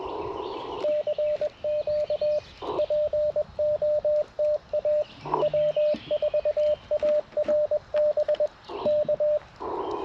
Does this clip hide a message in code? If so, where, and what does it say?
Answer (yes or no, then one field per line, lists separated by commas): yes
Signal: Morse code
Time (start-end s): 0.8-9.4 s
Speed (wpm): 21 wpm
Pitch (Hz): 600 Hz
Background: radio noise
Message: CQ POTA W4ARB K